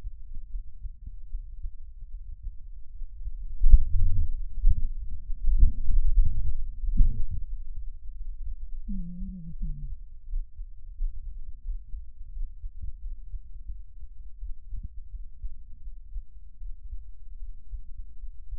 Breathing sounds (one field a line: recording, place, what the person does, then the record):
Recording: lung sounds by stethoscope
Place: left anterior apical chest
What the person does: quiet breathing, then cough and speech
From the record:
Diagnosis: asthma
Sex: female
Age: 65 years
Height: 157 cm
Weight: 70.2 kg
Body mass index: 28.5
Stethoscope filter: bell mode